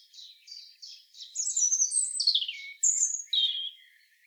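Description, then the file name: European robin song: a series of short high notes speeding into a tumbling, warbled run, then a very high whistle and a descending twitter. "Erithacus rubecula"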